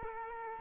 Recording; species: mosquito wingbeat signal from an infrared sensor; Culex quinquefasciatus